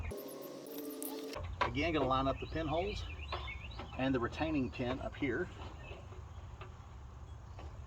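Someone talks while lining up the headlamp assembly of a 2nd-gen 1994–2001 Dodge Ram on its pinholes and the retaining pin of the truck body mount, with light handling noises and a steady low background hum. The clip ends before the assembly slides in; nothing has clicked or seated yet.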